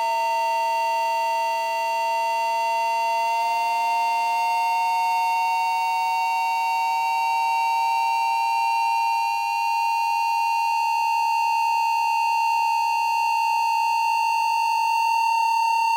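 Internal audio feedback fills the clip, layered over a constant high drone. Steady pure tones hold while lower tones slowly glide downward, one bending around four seconds and fading toward the end. The level stays even and loud throughout, with no pauses.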